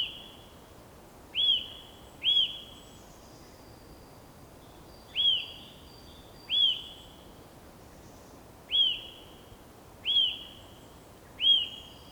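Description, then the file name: Eurasian nuthatch calling with sharp, ringing whistled notes that rise briefly then trail off, spaced irregularly, against faint steady hiss. "Sitta europaea"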